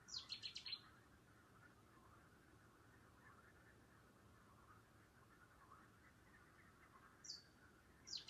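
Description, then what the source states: Bird call: a cluster of quick high chirps at the start, then single thin descending whistles near the end, over a faint steady background hum. Calling at night.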